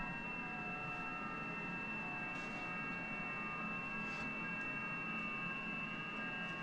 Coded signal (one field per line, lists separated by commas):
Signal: FT8